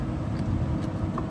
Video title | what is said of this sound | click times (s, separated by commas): I Added Blind Spot Monitoring to My Tesla Model Y! (Easy Install) | push it in, snap in place, and then your last cover. | 1.2 s